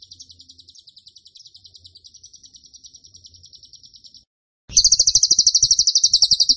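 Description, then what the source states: Bird song: a quieter fast high trill for about four seconds, a short gap, then a loud, rapid pulsed trill. Bird singing vigorously (gacor) in tembakan style; masteran (training) recording.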